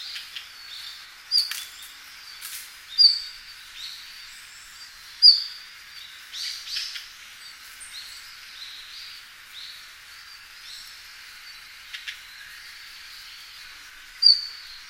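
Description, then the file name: Red-flanked bluetail calls, short high sharp notes given irregularly every few seconds, with soft chirps and some faint rustling between them. "ruribitaki"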